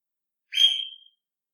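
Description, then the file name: Bird giving a single short whistled note, sharp onset then fading, in otherwise silent surroundings. Recorded at night, 13 July 2015, around 02:17. "Yoru Naku Tori 20150713-021708"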